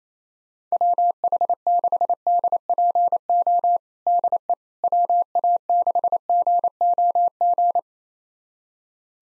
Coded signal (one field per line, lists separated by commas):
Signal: Morse code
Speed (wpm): 27 wpm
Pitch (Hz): 700 Hz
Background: none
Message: WH6DPO DE WA6GOG